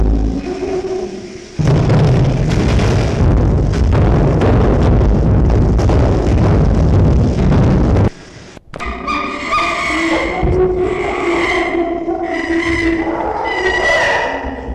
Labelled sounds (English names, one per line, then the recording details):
Chimpanzee
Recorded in captivity
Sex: diverse
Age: adult
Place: Tierpark Berlin, Berlin, DE
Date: 1966-04-01
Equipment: Grundig TK 1 Luxus
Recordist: unbekannt, keine Angabe
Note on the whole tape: Pako: Laute; Schreien der großen Schimpansen; Simone: Hecheln; Lippenlaute von Susi (Aufnahme April 1966)